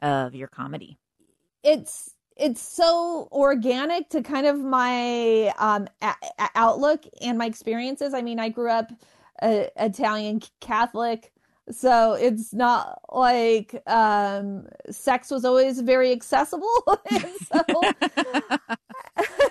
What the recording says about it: People who react to my stutter in weird and strange ways. The problem with having a stutter isn't the stutter, but it's other people's reaction to the stutter with the stutter, when I was in high school, the way that I handled my stutter was to be weird.